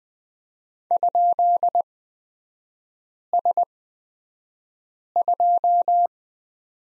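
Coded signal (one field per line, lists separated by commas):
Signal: Morse code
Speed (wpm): 20 wpm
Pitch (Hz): 700 Hz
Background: none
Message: ?S2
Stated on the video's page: Morse course lesson drilling letter X in three-character groups, Farnsworth spacing at 20/10 wpm.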